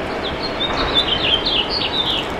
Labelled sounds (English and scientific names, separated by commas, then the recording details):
House Finch (Haemorhous mexicanus) song
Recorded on Long Island, New York, on 28 June 2012
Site SB
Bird A